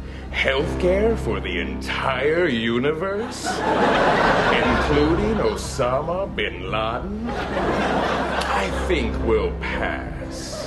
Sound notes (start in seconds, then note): 3.2 soundbite of audience laughter; 7.1 soundbite of audience laughter